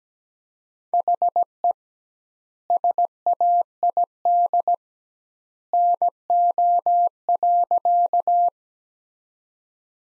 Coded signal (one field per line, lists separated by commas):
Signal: Morse code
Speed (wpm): 17 wpm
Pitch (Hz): 700 Hz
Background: none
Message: HE SAID NO.